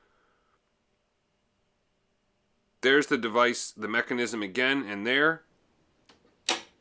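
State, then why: Seated. On the left side of a Mercedes, the metal hood hinge service-position lock on the car body is lowered out of its service position. Someone talks from about 2.8 to 5.4 s, then a faint tick is heard at 6.1 s. A sharp metallic click at 6.5 s is the mechanism snapping back into its normal position, and the hinge is seated.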